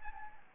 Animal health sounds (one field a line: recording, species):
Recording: mosquito wingbeat signal from an infrared sensor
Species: Anopheles gambiae